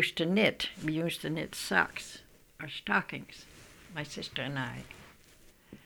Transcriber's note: none